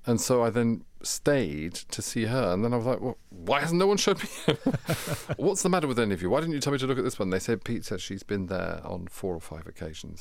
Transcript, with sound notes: And so I then stayed to see her. And then I was like, well, why hasn't no one showed me her? (Laughter) What's the matter with any of you? Why didn't you tell me to look at this one? They said, Peter, says she's been there on four or five occasions.